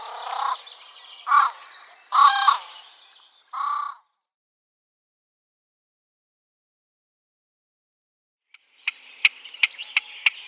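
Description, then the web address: Great crested grebe giving a few short, harsh barking calls. "Schulze Peter Great Crested Grebe"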